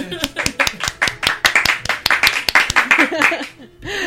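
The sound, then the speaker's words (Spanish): A short burst of applause: quick, dense hand claps in an irregular rhythm over about four seconds, with voices and some laughter mixed underneath before it tapers off. “Yo creo que te mereces un aplauso, por sí, lo menos.”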